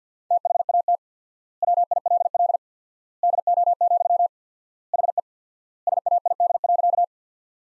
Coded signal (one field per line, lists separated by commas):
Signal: Morse code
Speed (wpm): 50 wpm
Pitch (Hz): 700 Hz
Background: none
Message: THAT WILL DO, HE SAID.